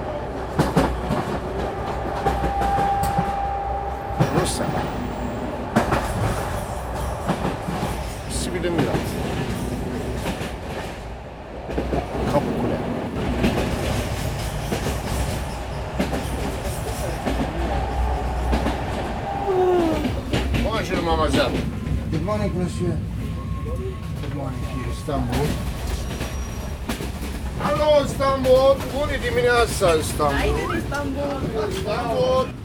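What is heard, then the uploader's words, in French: Inside an old train on a long journey, a dense, steady rumble fills the carriage with irregular clanks and rattles throughout. Around twenty seconds in, squealing, wavering metallic tones rise above the noise and continue to the end, with a brief whistle-like tone near twenty-two seconds. Le Bosphore Express relie Bucarest (Roumanie) à Istanbul (Turquie) en traversant toute la Bulgarie. Vingt heures de voyage dans un beau et vieux train comme on n'en entend plus. Enregistrements : août 2009.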